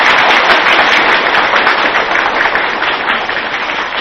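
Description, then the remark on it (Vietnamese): A crowd of Buddhist followers in Denver, Colorado applauds steadily for about four seconds to welcome a visiting monk, a dense, loud wash of many hands clapping at once, holding strong and tapering only slightly toward the end, with no voices. “Vậy cho thêm một tràng pháo tay thật lớn.”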